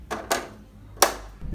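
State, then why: Seated. A plastic diffuser/reflector layer is pushed gently down on all four sides into the back frame of a TCL LED Roku TV during a black-screen repair. Short, sharp clicks sound at 0.3 s and 1.0 s, the second louder, over a low background hum. The layer seats in its proper place in the frame.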